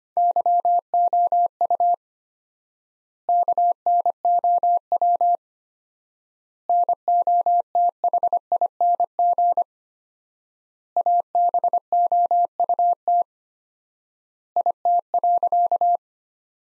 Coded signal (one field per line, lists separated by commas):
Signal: Morse code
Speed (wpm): 25 wpm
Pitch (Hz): 700 Hz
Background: none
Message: YOU KNOW NOTHING ABOUT IT.